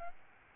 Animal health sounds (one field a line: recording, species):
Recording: mosquito wingbeat signal from an infrared sensor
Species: Aedes albopictus